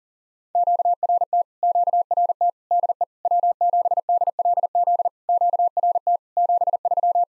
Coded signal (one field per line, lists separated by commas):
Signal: Morse code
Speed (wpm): 40 wpm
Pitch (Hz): 700 Hz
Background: none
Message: QRT QRT DE W7DLZ QRT 73